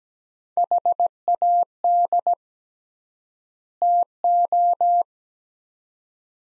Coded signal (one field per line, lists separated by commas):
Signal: Morse code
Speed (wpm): 17 wpm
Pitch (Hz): 700 Hz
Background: none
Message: HAD TO